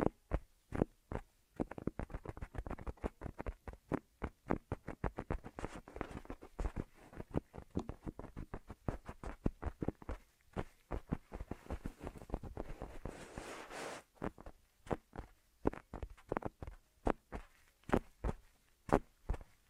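Ear massage triggers: a quick, uneven run of soft taps and rubbing strokes, close together through the middle and thinning out toward the end. Around the thirteen-second mark the taps blur into a brief stretch of dense, hissy rustling before spaced taps return.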